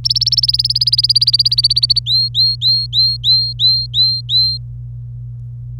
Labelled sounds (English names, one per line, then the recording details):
Domestic Canary song
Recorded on 26 April 2018 at 10:37
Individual llb3